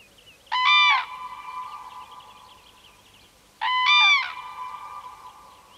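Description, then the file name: Common crane call, two loud rolling trumpet bursts about three seconds apart, with soft twittering in the background. "sookurg"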